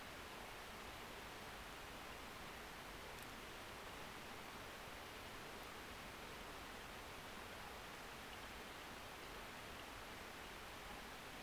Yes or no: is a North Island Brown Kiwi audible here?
no